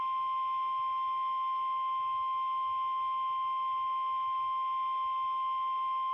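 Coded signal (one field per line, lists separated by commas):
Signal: Emergency Alert System (SAME) tones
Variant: 1050 Hz attention tone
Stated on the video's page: EAS alerts, some received on a handheld receiver.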